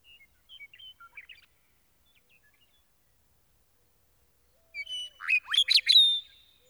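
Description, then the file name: Meadowlark song: scattered soft notes at first, then after a pause a loud burst of whistled and gurgling warbled notes near the end. "Gordon Hempton - Meadowlark"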